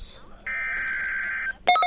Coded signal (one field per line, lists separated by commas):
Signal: Emergency Alert System (SAME) tones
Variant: header bursts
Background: speech